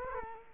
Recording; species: mosquito wingbeat signal from an infrared sensor; Culex quinquefasciatus